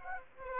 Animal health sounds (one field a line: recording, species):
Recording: mosquito wingbeat signal from an infrared sensor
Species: Aedes aegypti